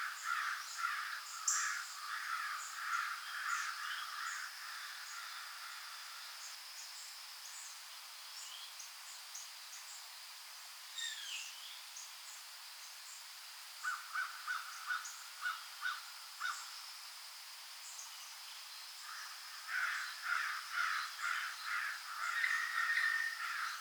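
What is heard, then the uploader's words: A dawn chorus in Wolfville, Nova Scotia, with quick bursts of repeated birdsong chirps in the first six seconds and again near the end, quieter calls in between. A thin, steady insect-like whine runs high above throughout, and there is no low rumble beneath. A field recording of the dawn chorus in Wolfville, Nova Scotia, Canada.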